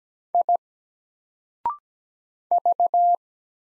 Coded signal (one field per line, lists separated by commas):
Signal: Morse code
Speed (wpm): 17 wpm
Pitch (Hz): 700 Hz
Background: none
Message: I V